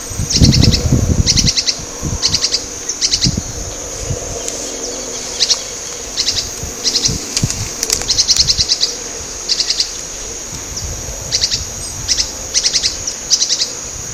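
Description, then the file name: Spix's spinetail singing clipped, high, rapid note groups in regular bursts, with low rumbling noise early on and a constant shrill insect drone throughout. Recorded at Laguna Diario, Uruguay, on 19 April 2013. "Synallaxis-spixi-Lag Diario-UY-19-4-13-ASilveira"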